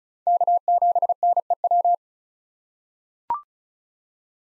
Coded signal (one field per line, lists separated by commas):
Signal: Morse code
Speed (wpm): 36 wpm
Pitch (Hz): 700 Hz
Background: none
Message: K7NEW